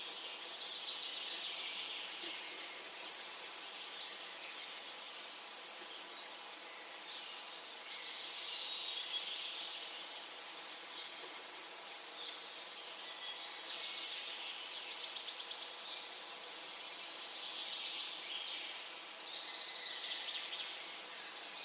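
Birds sing in nature, with two loud, bright bursts of song around 2–3 seconds and again near 16 seconds. Between them, softer chirps and calls keep up over a steady high hiss. Nothing low-pitched is present.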